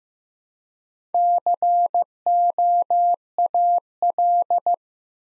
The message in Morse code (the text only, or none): COAL